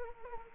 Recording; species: mosquito wingbeat signal from an infrared sensor; Anopheles gambiae